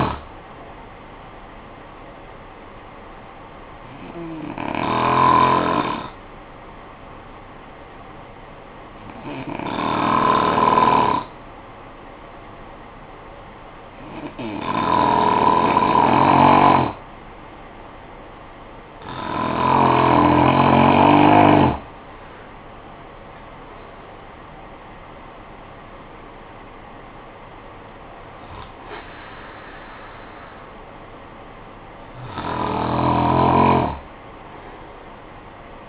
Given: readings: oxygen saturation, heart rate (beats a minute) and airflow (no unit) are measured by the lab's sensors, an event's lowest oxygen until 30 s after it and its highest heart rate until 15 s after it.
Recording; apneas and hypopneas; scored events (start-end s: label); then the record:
breathing in sleep by a voice recorder at the bedside; 1
6.00-23.60 s: hypopnea (N2, oxygen 95% highest, then 87% lowest, heart rate 53 at the start, 75 highest)
From the record:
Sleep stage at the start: N2 (light sleep); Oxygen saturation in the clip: 89 to 95%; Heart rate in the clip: 50 to 75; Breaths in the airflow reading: 7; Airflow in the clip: -11.5 to 8.4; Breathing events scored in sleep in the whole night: 445 in 7.6 hours asleep